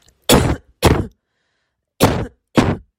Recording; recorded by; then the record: voluntary cough; messaging app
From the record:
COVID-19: negative